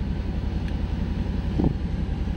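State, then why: Not seated. A latch component is pushed into position in the glovebox latch assembly of a 1989 Buick Reatta during a glovebox repair. A steady low rumble runs throughout, with brief handling ticks near 0.7 and 1.6 seconds. Nothing has seated or clicked into place yet.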